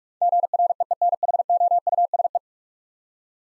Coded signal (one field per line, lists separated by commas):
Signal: Morse code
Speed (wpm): 41 wpm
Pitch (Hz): 700 Hz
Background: none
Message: GREENHOUSE